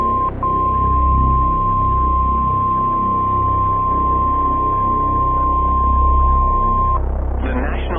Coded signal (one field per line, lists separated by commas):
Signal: Emergency Alert System (SAME) tones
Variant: 1050 Hz attention tone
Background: speech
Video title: OKC & TULSA’S DESTRUCTION - EAS Alerts From 5/6/24 - 5/724 (EAS #1668-1679)